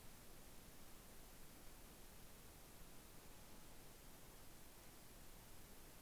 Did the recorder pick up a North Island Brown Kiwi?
no